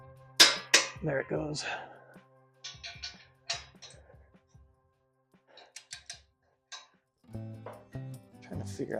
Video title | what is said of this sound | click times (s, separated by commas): OWL Sprinter Van DIY Installer of Ladder/Tire carrier | for that click don't hear it yet there it goes | 0.7 s